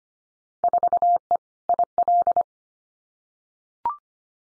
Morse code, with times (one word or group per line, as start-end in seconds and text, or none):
0.6-1.4 4E
1.7-2.4 IL